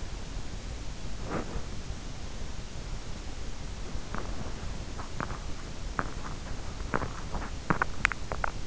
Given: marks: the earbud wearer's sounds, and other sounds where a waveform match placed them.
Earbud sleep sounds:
sounds in sleep by an in-ear microphone; breath, teeth grinding
0.98-1.91 s: breath
4.08-8.66 s: teeth grinding

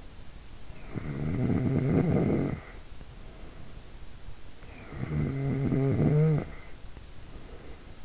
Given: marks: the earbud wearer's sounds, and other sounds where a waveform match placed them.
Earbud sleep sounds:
sounds in sleep by an in-ear microphone; snoring breath
0.56-3.65 s: snoring breath
4.45-8.05 s: snoring breath

